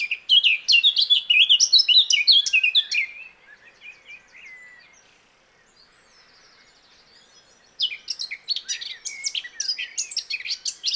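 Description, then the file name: Eurasian blackcap song: rapid, rich warbling phrases for three seconds, a quiet chattering pause, then another loud burst of varied notes. "Sylvia atricapilla"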